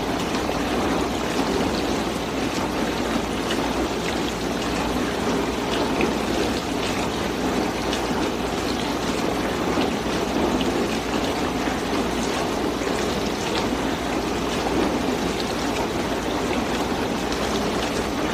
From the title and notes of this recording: The relaxing sound of a perfectly running dishwasher. The soothing mechanical hum and water noises of the dishwasher.